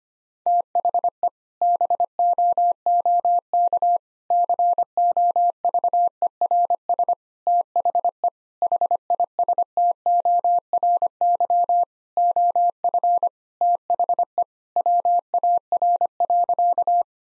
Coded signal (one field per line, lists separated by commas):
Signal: Morse code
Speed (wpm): 25 wpm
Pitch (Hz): 700 Hz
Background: none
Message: THE BOOK COVERS THE HISTORY OF THE WAR.